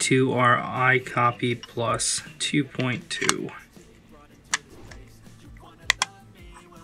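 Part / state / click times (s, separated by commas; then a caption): add-on logic board into a phone repair programmer / seated / 5.9 s, 6.0 s. Someone talks, then a QianLi Face ID repair logic board, compatible with iPhone X to 14 series, is pressed onto the connector of an iCopy Plus 2.2 phone repair programmer. After a few faint taps, two sharp snaps land at 5.9 s and 6.0 s as the board seats firmly in place.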